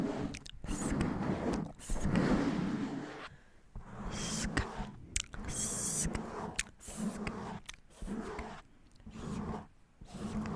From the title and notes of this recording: ASMR Deep Ear Attention Tingly Mic Scratching &Trigger Words Ear to Ear.